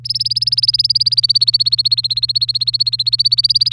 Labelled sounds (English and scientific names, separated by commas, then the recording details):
Domestic Canary (Serinus canaria) song
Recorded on 3 May 2018 at 12:38
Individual llb3